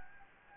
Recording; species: mosquito wingbeat signal from an infrared sensor; Anopheles gambiae